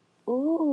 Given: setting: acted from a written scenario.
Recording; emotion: vocal sound without words; romantic love